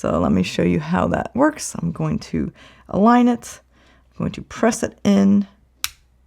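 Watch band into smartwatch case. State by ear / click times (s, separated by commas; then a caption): seated / 5.8 s. A watch band end is aligned with the slot on a Galaxy Watch 8 case and pressed in until it latches into the lug, while someone talks. A short, sharp click is heard at 5.8 s, and the band is seated and secure.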